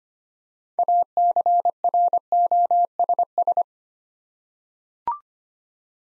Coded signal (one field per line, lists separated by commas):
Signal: Morse code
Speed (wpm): 25 wpm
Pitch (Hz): 700 Hz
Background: none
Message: ACROSS